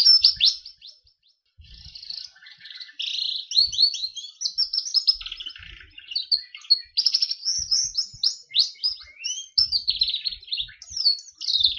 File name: kenari berner omkicau